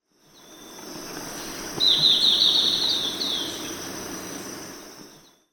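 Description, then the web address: Golden-faced tyrannulet giving a fast jumbled run of high notes for about two seconds while insects drone steadily behind. Recorded in Ecuador. "Natures Songs S America Birds of Ecuador Golden-faced Tyrannulet"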